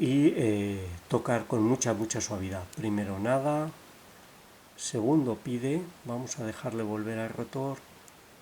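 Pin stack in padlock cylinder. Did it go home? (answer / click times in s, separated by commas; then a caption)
yes / 8.1 s. A padlock is being picked with very light tension while someone talks, and the rotor is allowed to ease back until the second pin stack in the cylinder sets at the shear line. The pin sets with a faint, short click at 8.1 s. The lock is an ABUS Titalium 96TI60.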